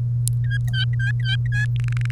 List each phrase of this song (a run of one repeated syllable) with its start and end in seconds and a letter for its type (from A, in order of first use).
0.44-1.65 A, 1.76-2.11 B